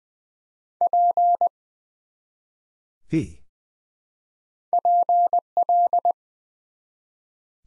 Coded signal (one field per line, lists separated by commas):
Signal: Morse code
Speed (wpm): 20 wpm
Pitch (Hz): 700 Hz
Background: none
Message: P PL